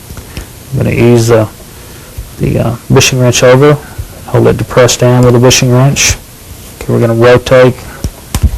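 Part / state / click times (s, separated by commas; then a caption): barrel bushing rotating into the slide over the recoil spring plug of a 1911 pistol / seated / 8.0 s, 8.4 s. During reassembly of a 1911 pistol, the recoil spring plug is pressed down and the steel barrel bushing is rotated in the slide with a bushing wrench while someone talks. Sharp clicks at 8.0 s and 8.4 s mark the bushing snapping into its locked position, seated.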